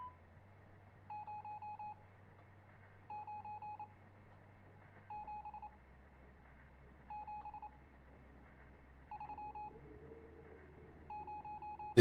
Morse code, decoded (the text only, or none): 0 9 7 7 3 0